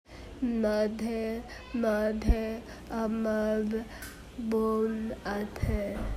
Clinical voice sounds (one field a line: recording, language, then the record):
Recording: elicited speech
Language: Bengali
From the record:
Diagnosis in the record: Broca's or global aphasia after a stroke